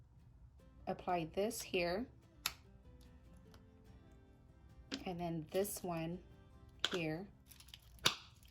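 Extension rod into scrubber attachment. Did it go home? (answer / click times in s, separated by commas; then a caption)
yes / 8.1 s. A plastic extension rod is pushed into the scrubber attachment on a drill while someone talks, with faint music underneath. A sharp click at 8.1 s shows the rod has clicked in and seated.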